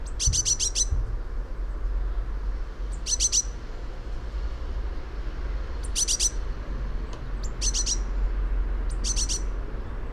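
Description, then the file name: Eurasian blue tit calls: quick groups of very high, thin, clipped notes at irregular intervals of one to three seconds, low rumble underneath. "Cyanistes caeruleus"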